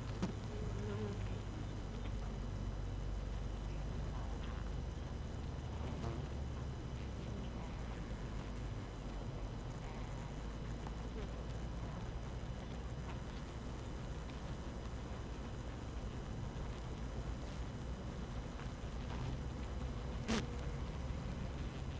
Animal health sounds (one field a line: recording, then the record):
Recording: honeybee colony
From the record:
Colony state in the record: active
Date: 12 June 2018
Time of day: 6:22